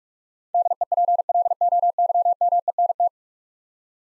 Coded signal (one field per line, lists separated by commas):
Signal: Morse code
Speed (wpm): 41 wpm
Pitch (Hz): 700 Hz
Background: none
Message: DEPLOYMENT